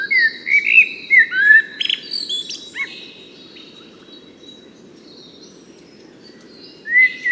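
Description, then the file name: Common blackbird singing a mellow fluted phrase of several slurred notes, then a thin high twittering flourish, with a fresh phrase starting near the end; steady low rumble beneath. "Turdus merula"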